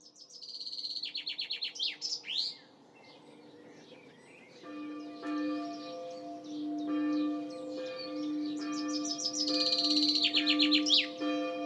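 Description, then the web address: Bird song in quick descending chirp trills at the start and again near the end, with a steady low humming tone running through the middle. "cianscape birddata Deverinetal 2025 Bird Only Fr Co"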